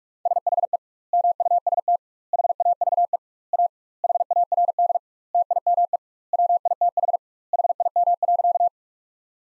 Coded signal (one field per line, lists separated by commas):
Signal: Morse code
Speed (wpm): 41 wpm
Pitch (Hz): 700 Hz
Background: none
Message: SHE MUST HAVE A HARD TIME WITH HIM.